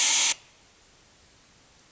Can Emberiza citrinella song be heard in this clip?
no